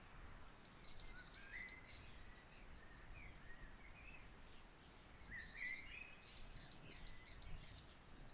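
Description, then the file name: Great tit song: a bright two-note phrase, high then lower, repeated several times in a quick run, a pause, then another run. "Parus major"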